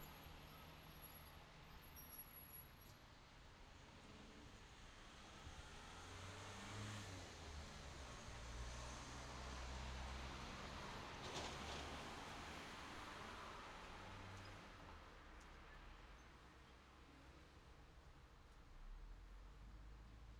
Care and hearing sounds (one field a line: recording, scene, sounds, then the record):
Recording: everyday scene through a hearing-aid microphone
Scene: in traffic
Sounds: traffic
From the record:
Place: city secondary road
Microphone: in the ear canal, left